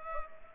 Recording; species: mosquito wingbeat signal from an infrared sensor; Culex pipiens